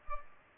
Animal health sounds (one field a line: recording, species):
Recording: mosquito wingbeat signal from an infrared sensor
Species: Culex pipiens